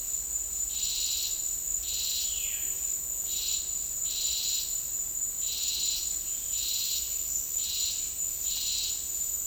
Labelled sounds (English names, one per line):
Violaceous Jay